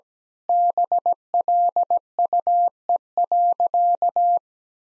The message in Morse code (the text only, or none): BLUE.